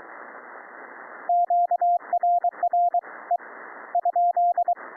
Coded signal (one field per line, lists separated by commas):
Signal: Morse code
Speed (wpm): 22 wpm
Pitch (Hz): 700 Hz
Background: radio noise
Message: QRR E ?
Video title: Raspberry PI CW KEYER - CW KEYBOARD, Paddles AND Straight Key -